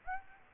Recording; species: mosquito wingbeat signal from an infrared sensor; Aedes aegypti